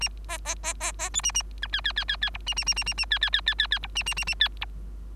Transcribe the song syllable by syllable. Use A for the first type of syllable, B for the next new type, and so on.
A B B B B B C A A D E E E E E F A A A A A A E E E E E E F A A A A E F